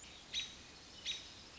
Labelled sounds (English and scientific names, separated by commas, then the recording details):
American Robin (Turdus migratorius)
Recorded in Sonoma County, California